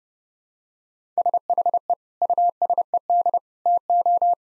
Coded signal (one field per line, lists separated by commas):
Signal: Morse code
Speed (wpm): 28 wpm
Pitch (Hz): 700 Hz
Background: none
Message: SHE USED TO